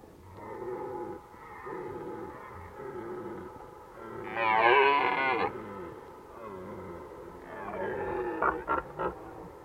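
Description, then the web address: Red deer roars: drawn-out harmonic groaning, then a loud harsh burst near the middle and a few short grunting pulses toward the end. Recorded in Valsolda. "cibra valsolda. Cervo"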